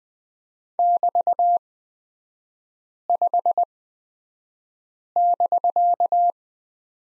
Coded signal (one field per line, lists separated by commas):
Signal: Morse code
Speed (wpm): 20 wpm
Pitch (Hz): 700 Hz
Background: none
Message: <BT>5<BK>